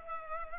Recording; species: mosquito wingbeat signal from an infrared sensor; Culex pipiens